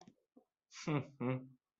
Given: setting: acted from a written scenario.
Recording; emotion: vocal sound without words; disappointment